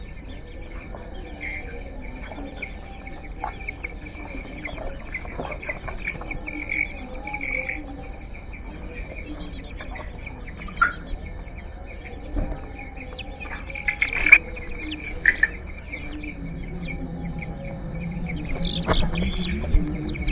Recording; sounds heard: poultry house recording; healthy chickens